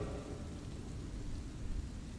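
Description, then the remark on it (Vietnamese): A low, steady rumble of thunder rolls on without a sharp crack, deep and fairly quiet, with a faint hiss like rain above it and no voices. “gào lên trong tiếng sấm.”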